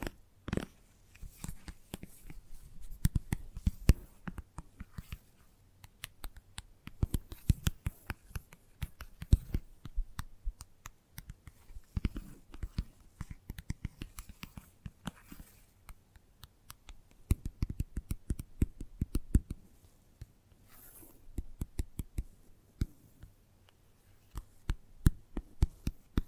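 Gentle tapping in quick, irregular clusters of soft clicks and knocks, continuing throughout with brief pauses, over a faint low hum.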